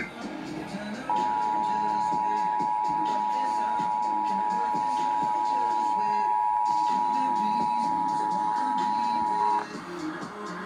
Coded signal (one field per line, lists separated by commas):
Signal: Emergency Alert System (SAME) tones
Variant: 853 and 960 Hz attention tone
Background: speech, music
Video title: Required Monthly Test EAS #162